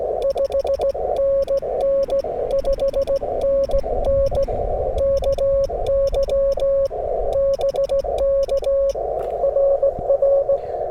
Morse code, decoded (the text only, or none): 5NN 5NN KY BK RR